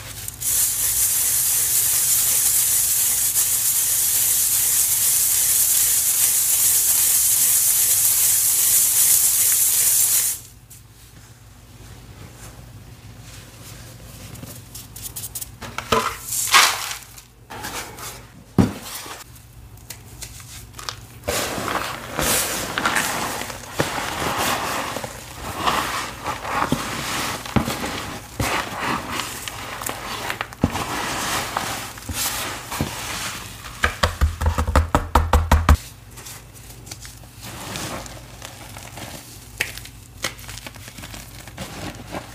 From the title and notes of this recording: Reforming my crispy green cornstarch crunchies. Cornstarch crunchies powder ASMR, including Rolling pin crushes, pebble crushes, sifting, and so much more.